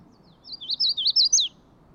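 Magnolia warbler singing a brief musical phrase of rapid, rolling whistled notes, about six in a row, the last one higher and dropping steeply, with quiet background noise.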